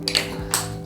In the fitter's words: cap is uh satisfyingly uh clicks into place pretty good